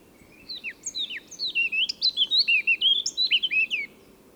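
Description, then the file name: Eurasian blackcap singing: a varied, rich warble of quick whistled and slurred notes, rising and falling, lasting a few seconds over quiet background hiss. "Sylvia atricapilla"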